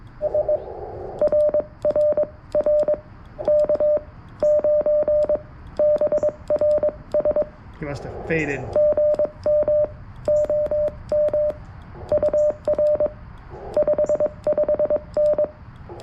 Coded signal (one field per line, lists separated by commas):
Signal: Morse code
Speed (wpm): 21 wpm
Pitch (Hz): 600 Hz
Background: speech, radio noise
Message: S RR R K9BRS GM OM UR 55N